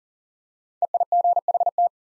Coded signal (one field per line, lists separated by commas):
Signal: Morse code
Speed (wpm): 38 wpm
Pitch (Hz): 700 Hz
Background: none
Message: EIGHT